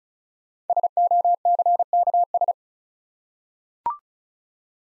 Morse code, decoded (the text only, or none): SOCKS